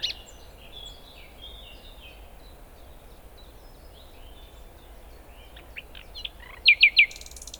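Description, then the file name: Common nightingale calling: soft scattered chirps and short whistles, then three loud, sharp, downward-sweeping notes in rapid succession near the end, over a steady low hiss. "Luscinia megarhynchos"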